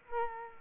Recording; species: mosquito wingbeat signal from an infrared sensor; Culex quinquefasciatus